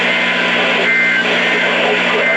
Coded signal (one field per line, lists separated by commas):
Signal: Emergency Alert System (SAME) tones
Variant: end-of-message bursts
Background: speech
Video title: JUNE ENHANCED THEIR TEARS… EAS Alerts from 6/30/24 (EAS 12165-12261)